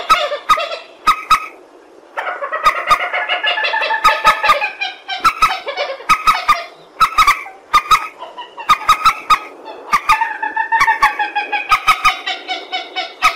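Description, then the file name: Purple swamphen uttering repeated runs of loud nasal cackles and honks, separated by short gaps, with frequent sharp clicking sounds. "tieng trich re keu"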